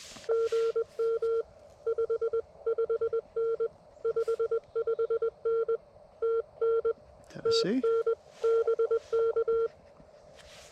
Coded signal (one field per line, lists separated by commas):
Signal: Morse code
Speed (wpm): 21 wpm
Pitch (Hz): 460 Hz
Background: none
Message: GM 55N 55N TN TN BK